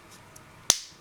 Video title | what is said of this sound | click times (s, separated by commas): Maketoys Giant, Bulldozer and Excavator Review, Part 2. | push those back and again just satisfying clicks all around | 0.7 s